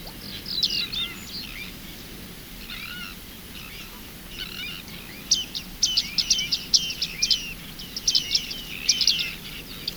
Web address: Bearded